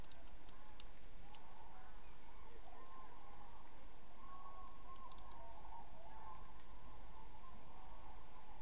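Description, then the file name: European robin giving brief bursts of high, thin ticking notes, one group at the start and another about five seconds later, with soft hum beneath. "Erithacus rubecula"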